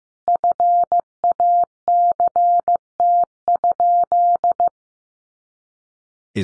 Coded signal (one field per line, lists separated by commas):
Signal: Morse code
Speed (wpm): 15 wpm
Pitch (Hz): 700 Hz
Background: none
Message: FACT?